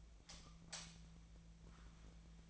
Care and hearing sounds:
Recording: daily activity, microphone in the room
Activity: light off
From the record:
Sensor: 1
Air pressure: 1009.8 hPa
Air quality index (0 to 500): 190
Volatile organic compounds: 18 ppm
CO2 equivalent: 2605 ppm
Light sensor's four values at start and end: 47/134/55/62 and 35/90/38/46

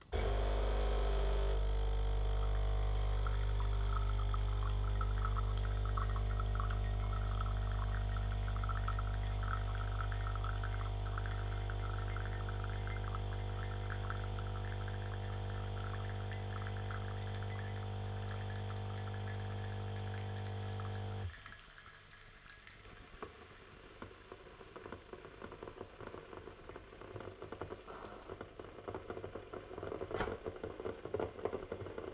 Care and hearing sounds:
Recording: daily activity, microphone in the room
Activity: make coffee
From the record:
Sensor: 4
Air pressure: 1005.1 hPa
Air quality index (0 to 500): 185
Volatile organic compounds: 5 ppm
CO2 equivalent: 1819 ppm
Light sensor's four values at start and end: 19/64/24/23 and 19/63/23/22

